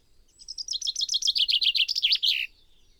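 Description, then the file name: Common chaffinch song: a rapid series of bright repeated notes stepping downward in pitch, ending in a short flourish. "Fringilla coelebs"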